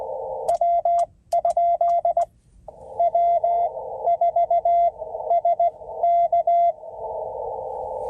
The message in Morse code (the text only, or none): W? W4SK